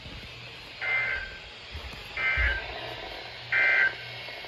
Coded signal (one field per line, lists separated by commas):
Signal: Emergency Alert System (SAME) tones